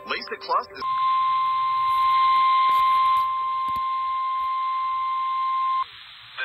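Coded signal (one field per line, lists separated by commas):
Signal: Emergency Alert System (SAME) tones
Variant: 1050 Hz attention tone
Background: speech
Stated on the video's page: Severe thunderstorm warning alert.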